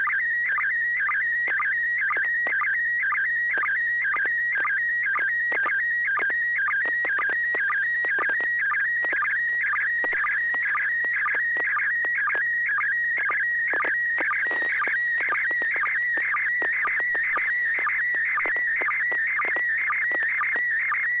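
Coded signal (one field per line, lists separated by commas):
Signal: SSTV (slow-scan television)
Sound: warbling, chirping tone shifting quickly in pitch, with steady rhythmic low blips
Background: low hum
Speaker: storefront of a place it looks like a hut sort of convenience store it says baja on the front but at the very top it says the house of the maybe margaritas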